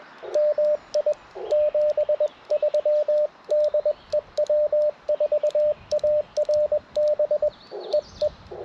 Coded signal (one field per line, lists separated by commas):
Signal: Morse code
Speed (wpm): 20 wpm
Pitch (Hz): 590 Hz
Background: radio noise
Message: MI 73 DE W4ARB EE